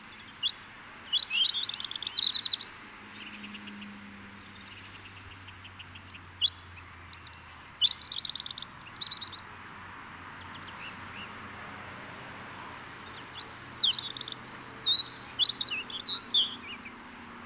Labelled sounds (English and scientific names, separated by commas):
European Robin (Erithacus rubecula) song